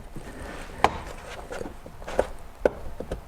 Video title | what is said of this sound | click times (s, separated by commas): C7 Corvette Z06 Carbon Fiber Steering Wheel and Center Console Install | pry a little bit off you can start to hear it pop and if | 0.8 s, 2.7 s